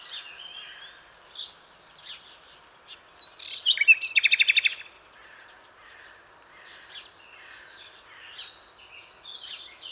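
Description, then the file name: Common nightingale singing varied high whistled and scratchy phrases, with a loud burst of rapid, evenly repeated pulsed notes near the middle. "Luscinia megarhynchos"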